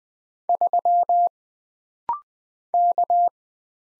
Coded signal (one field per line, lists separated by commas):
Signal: Morse code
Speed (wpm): 20 wpm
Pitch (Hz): 700 Hz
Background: none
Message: 3 K